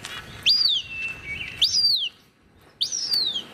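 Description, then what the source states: Cooper's hawk begging calls: three high, thin, squealing whines, each sliding down in pitch. Young hawks just out of the nest, learning to fly, calling loudly for food from their parents; played from the Merlin app.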